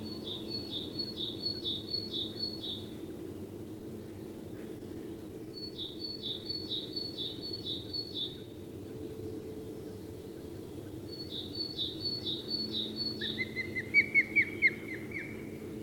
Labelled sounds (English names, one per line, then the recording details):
Osprey call
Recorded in the wild
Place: Kuchelmiß, Mecklenburg-Vorpommern, DE
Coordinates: 53.667, 12.347
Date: 1980-04-29
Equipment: Nagra III BH, Sennheiser MD 21, parabola
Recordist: Schubert, Michael
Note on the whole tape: Rufe Fischadler